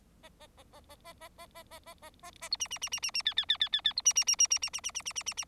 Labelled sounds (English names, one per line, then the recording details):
Bengalese Finch song
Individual Bird4